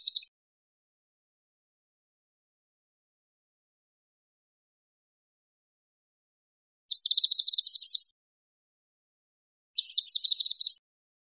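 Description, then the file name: Tropical kingbird calls: the end of one burst, then two separate bursts of fast, stuttering twitters about a second long, with long silences between. Recorded in Costa Rica. "CR TRKI"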